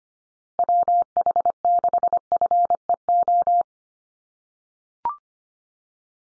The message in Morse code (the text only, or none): WH6FEO